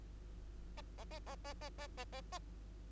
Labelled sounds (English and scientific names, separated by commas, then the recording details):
Bengalese Finch (Lonchura striata domestica) song
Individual Bird2